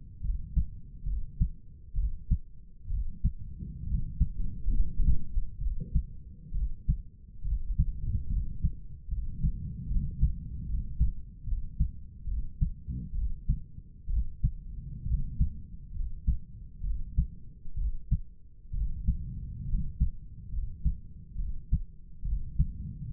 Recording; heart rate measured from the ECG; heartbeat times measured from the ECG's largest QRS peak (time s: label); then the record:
heart sounds by stethoscope; 68 bpm
0.25 s: heartbeat
1.08 s: heartbeat
1.98 s: heartbeat
2.92 s: heartbeat
3.88 s: heartbeat
4.76 s: heartbeat
5.62 s: heartbeat
6.56 s: heartbeat
7.46 s: heartbeat
8.31 s: heartbeat
9.12 s: heartbeat
9.91 s: heartbeat
10.70 s: heartbeat
11.48 s: heartbeat
12.29 s: heartbeat
13.16 s: heartbeat
14.11 s: heartbeat
15.08 s: heartbeat
15.96 s: heartbeat
16.85 s: heartbeat
17.79 s: heartbeat
18.75 s: heartbeat
19.69 s: heartbeat
20.53 s: heartbeat
21.39 s: heartbeat
22.26 s: heartbeat
From the record:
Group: healthy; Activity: rest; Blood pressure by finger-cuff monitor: 141/95 mmHg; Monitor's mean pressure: 108 mmHg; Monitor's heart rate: 68 bpm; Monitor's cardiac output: 7.1 L/min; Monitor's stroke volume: 104 mL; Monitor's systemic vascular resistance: 1120 dyn s/cm5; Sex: male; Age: 30 years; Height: 188 cm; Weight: 110.2 kg